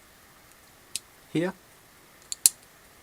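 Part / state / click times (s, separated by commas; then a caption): folding knife blade into its spring pin lock / seated / 1.0 s. A steel blade of a navaja-style folding knife is pulled up until its spring pin lock catches in a small indentation, and a single sharp tick at 0.96 s marks the blade locking open into place. Someone briefly talks, and two more sharp ticks follow near the end.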